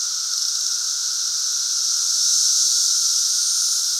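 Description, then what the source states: Periodical cicada chorus, a continuous shrill hiss layered over a constant lower whine, steady throughout with a slight swell in loudness partway through. Chorus in Central Illinois during the 2024 cicada super bloom.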